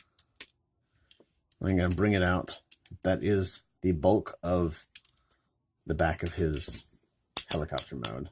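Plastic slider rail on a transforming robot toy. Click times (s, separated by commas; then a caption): 0.4 s. A plastic slider rail on the leg and back section of a transforming robot toy is slid all the way out and clicks into place at full extension at 0.4 s, with a few fainter ticks around it. Someone talks through the rest of the clip. The slider is seated.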